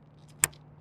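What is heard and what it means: A Y-bus cable connector, its protective cap removed, is plugged into a trunk cable connector during a DS3 microinverter installation. A single sharp, bright click at 0.4 s rises well above a steady low hum, followed by a faint tick around 0.5 s. The connector is seated.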